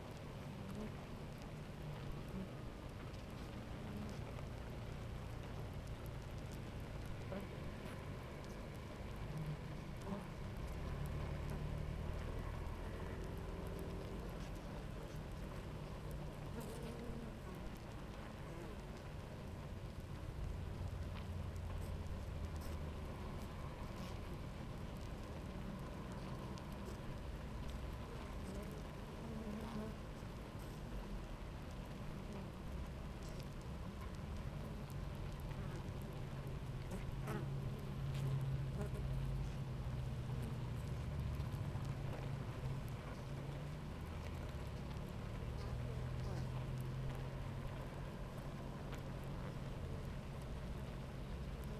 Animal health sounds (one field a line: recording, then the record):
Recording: honeybee colony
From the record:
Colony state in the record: active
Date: 28 July 2017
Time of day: 9:23